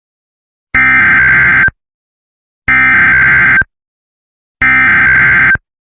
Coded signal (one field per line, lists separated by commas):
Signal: Emergency Alert System (SAME) tones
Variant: header bursts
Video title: EAS SCENARIO ASH-FALL INSPIRED BY @kayeas716